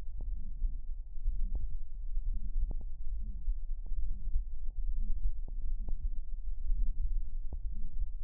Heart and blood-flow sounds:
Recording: heart sounds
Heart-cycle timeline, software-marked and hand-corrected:
not marked
From the record:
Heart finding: aortic stenosis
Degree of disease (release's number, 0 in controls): 4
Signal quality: poor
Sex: male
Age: 62 years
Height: 1.75 m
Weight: 93 kg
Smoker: yes

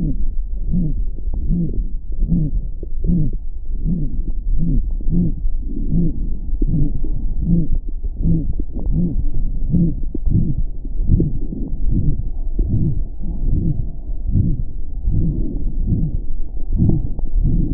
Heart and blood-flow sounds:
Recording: heart sounds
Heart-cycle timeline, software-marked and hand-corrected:
0.00	0.09	S1
0.09	0.26	systole
0.26	0.36	S2
0.36	0.75	diastole
0.75	0.89	S1
0.89	1.04	systole
1.04	1.12	S2
1.12	1.51	diastole
1.51	1.67	S1
1.67	1.82	systole
1.82	1.92	S2
1.92	2.31	diastole
2.31	2.47	S1
2.47	2.62	systole
2.62	2.72	S2
2.72	3.07	diastole
3.07	3.25	S1
3.25	3.38	systole
3.38	3.46	S2
3.46	3.85	diastole
3.85	3.97	S1
3.97	4.10	systole
4.10	4.16	S2
4.16	4.49	diastole
4.49	4.61	S1
4.61	4.74	systole
4.74	4.82	S2
4.82	5.13	diastole
5.13	5.29	S1
5.29	5.42	systole
5.42	5.52	S2
5.52	5.93	diastole
5.93	6.07	S1
6.07	6.24	systole
6.24	6.36	S2
6.36	6.71	diastole
6.71	6.87	S1
6.87	7.02	systole
7.02	7.10	S2
7.10	7.49	diastole
7.49	7.63	S1
7.63	7.78	systole
7.78	7.88	S2
7.88	8.25	diastole
8.25	8.41	S1
8.41	8.54	systole
8.54	8.64	S2
8.64	8.97	diastole
8.97	9.11	S1
9.11	9.24	systole
9.24	9.34	S2
9.34	9.73	diastole
9.73	9.89	S1
9.89	9.98	systole
9.98	10.04	S2
10.04	10.35	diastole
10.35	10.49	S1
10.49	10.64	systole
10.64	10.74	S2
10.74	11.11	diastole
11.11	11.27	S1
11.27	11.42	systole
11.42	11.50	S2
11.50	11.89	diastole
11.89	12.05	S1
12.05	12.14	systole
12.14	12.24	S2
12.24	12.59	diastole
12.59	12.71	S1
12.71	12.88	systole
12.88	13.02	S2
13.02	13.45	diastole
13.45	13.61	S1
13.61	13.72	systole
13.72	13.84	S2
13.84	14.33	diastole
14.33	14.47	S1
14.47	14.62	systole
14.62	14.72	S2
14.72	15.15	diastole
15.15	15.27	S1
15.27	15.44	systole
15.44	15.54	S2
15.54	15.89	diastole
15.89	16.03	S1
16.03	16.18	systole
16.18	16.28	S2
16.28	16.71	diastole
16.71	16.81	S1
16.81	16.90	systole
16.90	17.02	S2
17.02	17.37	diastole
17.37	17.53	S1
17.53	17.64	systole
17.64	17.74	S2
From the record:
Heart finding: aortic stenosis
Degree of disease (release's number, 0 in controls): 4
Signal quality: good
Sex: female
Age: 80 years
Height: 1.53 m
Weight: 82 kg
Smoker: no

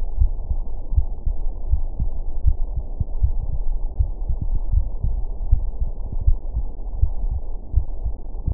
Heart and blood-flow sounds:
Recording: heart sounds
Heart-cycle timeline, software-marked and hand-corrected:
0.00	0.18	diastole
0.18	0.32	S1
0.32	0.48	systole
0.48	0.58	S2
0.58	0.96	diastole
0.96	1.08	S1
1.08	1.24	systole
1.24	1.34	S2
1.34	1.70	diastole
1.70	1.84	S1
1.84	2.00	systole
2.00	2.10	S2
2.10	2.46	diastole
2.46	2.58	S1
2.58	2.74	systole
2.74	2.84	S2
2.84	3.22	diastole
3.22	3.36	S1
3.36	3.52	systole
3.52	3.62	S2
3.62	4.00	diastole
4.00	4.12	S1
4.12	4.26	systole
4.26	4.36	S2
4.36	4.72	diastole
4.72	4.88	S1
4.88	5.04	systole
5.04	5.16	S2
5.16	5.50	diastole
5.50	5.64	S1
5.64	5.80	systole
5.80	5.90	S2
5.90	6.26	diastole
6.26	6.38	S1
6.38	6.56	systole
6.56	6.66	S2
6.66	7.00	diastole
7.00	7.12	S1
7.12	7.30	systole
7.30	7.40	S2
7.40	7.76	diastole
7.76	7.88	S1
7.88	8.04	systole
8.04	8.16	S2
8.16	8.54	diastole
From the record:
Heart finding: coronary artery disease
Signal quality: good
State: rest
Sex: male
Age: 44 years

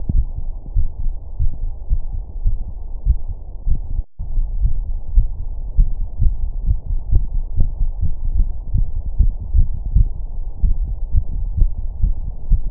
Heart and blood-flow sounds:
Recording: heart sounds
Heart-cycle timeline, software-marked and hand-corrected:
0.00	0.10	diastole
0.10	0.26	S1
0.26	0.42	systole
0.42	0.54	S2
0.54	0.74	diastole
0.74	0.88	S1
0.88	1.04	systole
1.04	1.16	S2
1.16	1.36	diastole
1.36	1.50	S1
1.50	1.62	systole
1.62	1.72	S2
1.72	1.90	diastole
1.90	2.02	S1
2.02	2.14	systole
2.14	2.24	S2
2.24	2.44	diastole
2.44	2.58	S1
2.58	2.74	systole
2.74	2.86	S2
2.86	3.06	diastole
3.06	3.20	S1
3.20	3.34	systole
3.34	3.46	S2
3.46	3.66	diastole
3.66	3.80	S1
3.80	3.94	systole
3.94	4.04	S2
4.04	4.20	diastole
4.20	4.28	S1
4.28	4.36	systole
4.36	4.46	S2
4.46	4.60	diastole
4.60	4.72	S1
4.72	4.86	systole
4.86	4.96	S2
4.96	5.14	diastole
5.14	5.28	S1
5.28	5.44	systole
5.44	5.56	S2
5.56	5.76	diastole
5.76	5.90	S1
5.90	6.00	systole
6.00	6.06	S2
6.06	6.20	diastole
6.20	6.34	S1
6.34	6.42	systole
6.42	6.52	S2
6.52	6.66	diastole
6.66	6.78	S1
6.78	6.88	systole
6.88	6.98	S2
6.98	7.12	diastole
7.12	7.26	S1
7.26	7.34	systole
7.34	7.44	S2
7.44	7.58	diastole
7.58	7.70	S1
7.70	7.80	systole
7.80	7.90	S2
7.90	8.04	diastole
8.04	8.16	S1
8.16	8.34	systole
8.34	8.50	S2
8.50	8.70	diastole
8.70	8.86	S1
8.86	8.96	systole
8.96	9.02	S2
9.02	9.18	diastole
9.18	9.36	S1
9.36	9.54	systole
9.54	9.70	S2
9.70	9.92	diastole
9.92	10.10	S1
10.10	10.28	systole
10.28	10.42	S2
10.42	10.62	diastole
10.62	10.76	S1
10.76	10.84	systole
10.84	10.96	S2
10.96	11.12	diastole
11.12	11.26	S1
11.26	11.36	systole
11.36	11.44	S2
11.44	11.58	diastole
11.58	11.72	S1
11.72	11.82	systole
11.82	11.88	S2
11.88	12.02	diastole
12.02	12.14	S1
12.14	12.24	systole
12.24	12.32	S2
12.32	12.50	diastole
12.50	12.62	S1
12.62	12.71	systole
From the record:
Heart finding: coronary artery disease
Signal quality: good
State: rest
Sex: male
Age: 71 years

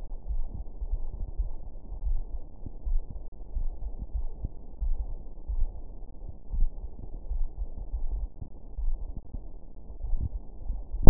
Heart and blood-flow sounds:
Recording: heart sounds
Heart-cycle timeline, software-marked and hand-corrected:
0.00	0.29	diastole
0.29	0.45	S1
0.45	0.55	systole
0.55	0.67	S2
0.67	1.15	diastole
1.15	1.27	S1
1.27	1.37	systole
1.37	1.53	S2
1.53	2.03	diastole
2.03	2.21	S1
2.21	2.31	systole
2.31	2.41	S2
2.41	2.85	diastole
2.85	3.03	S1
3.03	3.11	systole
3.11	3.19	S2
3.19	3.55	diastole
3.55	3.71	S1
3.71	3.73	systole
3.73	3.79	S2
3.79	4.13	diastole
4.13	4.25	S1
4.25	4.33	systole
4.33	4.41	S2
4.41	4.81	diastole
4.81	4.97	S1
4.97	5.07	systole
5.07	5.17	S2
5.17	5.53	diastole
5.53	5.69	S1
5.69	5.77	systole
5.77	5.87	S2
5.87	11.10	noise
From the record:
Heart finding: coronary artery disease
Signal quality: good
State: rest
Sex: male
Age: 88 years

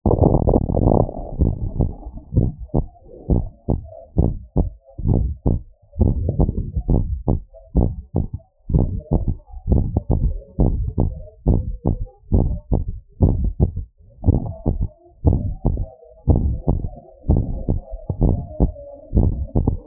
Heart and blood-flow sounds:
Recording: heart sounds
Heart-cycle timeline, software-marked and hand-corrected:
0.00	0.46	diastole
0.46	0.60	S1
0.60	0.86	systole
0.86	1.00	S2
1.00	1.40	diastole
1.40	1.52	S1
1.52	1.78	systole
1.78	1.90	S2
1.90	2.36	diastole
2.36	2.48	S1
2.48	2.76	systole
2.76	2.86	S2
2.86	3.30	diastole
3.30	3.42	S1
3.42	3.70	systole
3.70	3.80	S2
3.80	4.18	diastole
4.18	4.32	S1
4.32	4.58	systole
4.58	4.68	S2
4.68	5.10	diastole
5.10	5.28	S1
5.28	5.52	systole
5.52	5.60	S2
5.60	6.00	diastole
6.00	6.14	S1
6.14	6.40	systole
6.40	6.50	S2
6.50	6.90	diastole
6.90	7.04	S1
7.04	7.30	systole
7.30	7.40	S2
7.40	7.78	diastole
7.78	7.90	S1
7.90	8.16	systole
8.16	8.26	S2
8.26	8.74	diastole
8.74	8.86	S1
8.86	9.12	systole
9.12	9.24	S2
9.24	9.70	diastole
9.70	9.86	S1
9.86	10.18	systole
10.18	10.32	S2
10.32	10.68	diastole
10.68	10.82	S1
10.82	11.04	systole
11.04	11.12	S2
11.12	11.48	diastole
11.48	11.62	S1
11.62	11.86	systole
11.86	11.96	S2
11.96	12.34	diastole
12.34	12.48	S1
12.48	12.72	systole
12.72	12.82	S2
12.82	13.22	diastole
13.22	13.36	S1
13.36	13.62	systole
13.62	13.74	S2
13.74	14.26	diastole
14.26	14.40	S1
14.40	14.68	systole
14.68	14.78	S2
14.78	15.26	diastole
15.26	15.42	S1
15.42	15.72	systole
15.72	15.84	S2
15.84	16.28	diastole
16.28	16.42	S1
16.42	16.68	systole
16.68	16.80	S2
16.80	17.30	diastole
17.30	17.44	S1
17.44	17.70	systole
17.70	17.80	S2
17.80	18.22	diastole
18.22	18.36	S1
18.36	18.62	systole
18.62	18.72	S2
18.72	19.16	diastole
19.16	19.34	S1
19.34	19.64	systole
19.64	19.76	S2
19.76	19.87	diastole
From the record:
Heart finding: normal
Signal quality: good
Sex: female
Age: 50 years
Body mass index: 25.7

